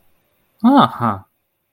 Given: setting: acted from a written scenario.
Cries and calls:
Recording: vocal sound without words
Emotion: interest

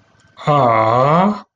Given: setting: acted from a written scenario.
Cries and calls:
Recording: vocal sound without words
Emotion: adoration

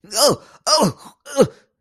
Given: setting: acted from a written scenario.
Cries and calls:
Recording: vocal sound without words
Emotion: fear

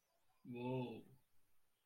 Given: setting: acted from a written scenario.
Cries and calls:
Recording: vocal sound without words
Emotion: awe

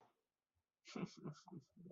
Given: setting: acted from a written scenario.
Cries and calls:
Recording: vocal sound without words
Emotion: sadness

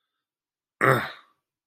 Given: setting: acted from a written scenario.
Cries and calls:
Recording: vocal sound without words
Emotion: anger

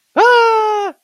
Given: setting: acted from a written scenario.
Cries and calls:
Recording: vocal sound without words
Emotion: positive surprise

